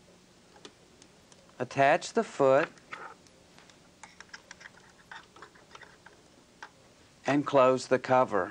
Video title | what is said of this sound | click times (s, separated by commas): PFAFF Hobbylock 4870 and 4860 (VHS, 1995) | press the needle plate down at the front so that you can hear it catch | 0.7 s